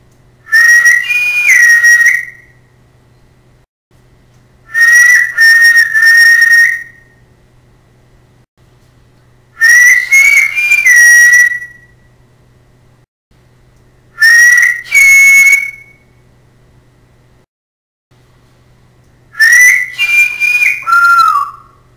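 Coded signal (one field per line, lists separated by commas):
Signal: whistled language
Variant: Silbo Gomero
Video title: SILBO GOMERO DEL MUNDO: NOMBRES PROPIOS DE ABORÍGENES CANARIOS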